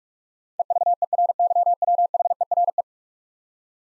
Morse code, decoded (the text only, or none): EVERYWHERE